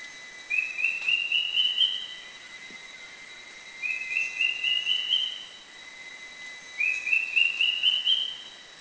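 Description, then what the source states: Drongo-cuckoo calling: a rising series of clear whistled notes climbing steadily, the phrase repeated three times roughly every three seconds over a steady background hum. Recorded in southern Thailand.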